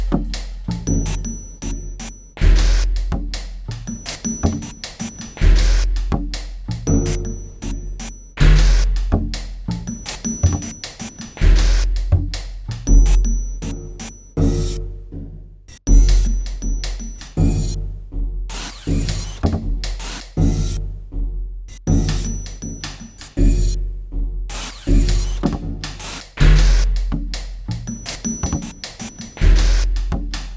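Sounds from a hotel in Bangkok, carried by a steady, repeating beat with a deep thump roughly every half second. Bright, tinkling accents and short bursts of clatter ride on top, and near the end a few brief gaps break the pulse.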